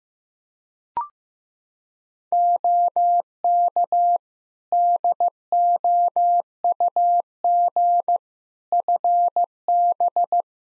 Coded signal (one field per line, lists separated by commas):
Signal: Morse code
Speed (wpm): 15 wpm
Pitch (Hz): 700 Hz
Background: none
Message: OK DOUG FB